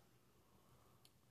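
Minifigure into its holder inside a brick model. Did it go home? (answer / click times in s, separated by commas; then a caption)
yes / 1.1 s. A plastic minifigure is clipped onto a stud or holder inside the brick-built LEGO Star Wars 75060 Slave I ship. Against steady low background noise, a single short, bright click sounds at 1.1 s as the minifigure seats in its holder.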